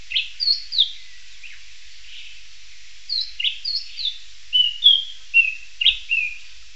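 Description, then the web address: Bird uttering bright whistled notes in scattered clusters, sharp upslurs and falling slides, against a steady background hiss. "BIRD 2015 SABIOD"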